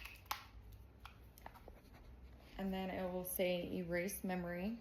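The plastic battery compartment lid of a DR200 Holter monitor from ALBA is snapped shut after the battery goes in, giving a loud, sharp snap at 0.3 s that seats the cover. A few quieter ticks follow before someone talks.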